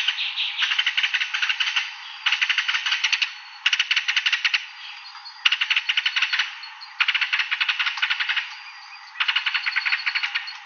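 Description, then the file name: Green-and-rufous kingfisher rattling: rapid series of hard clicks in bursts roughly one to one and a half seconds long, separated by short pauses of softer ticking. "Canto do martim pescador da mata"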